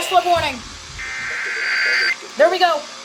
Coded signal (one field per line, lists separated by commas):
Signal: Emergency Alert System (SAME) tones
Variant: header bursts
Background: speech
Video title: Compilation with a twist | EAS alerts from 5/2-3 2025 EAS's #224-267